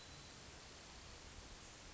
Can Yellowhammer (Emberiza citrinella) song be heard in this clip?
no